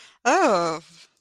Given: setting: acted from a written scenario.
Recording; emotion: vocal sound without words; negative surprise